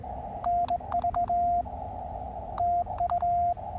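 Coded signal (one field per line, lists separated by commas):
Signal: Morse code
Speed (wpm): 19 wpm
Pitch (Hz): 690 Hz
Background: radio noise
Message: NV TU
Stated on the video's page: CW Parks on the Air activation sent with KXPD3 paddles used as a cootie key, Elecraft KX2 into a 9:1 vertical.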